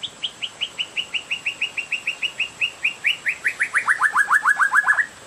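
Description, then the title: Oriental magpie-robin song: a long run of many quick downslurred whistled notes, fairly even at first, then dropping in pitch and growing louder toward the end. "Kicau Kacer"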